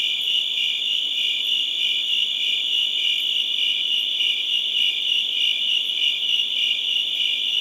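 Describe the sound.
High, thin cricket trills ring on without pause, with rapid faint pulses and a smooth, steady loudness.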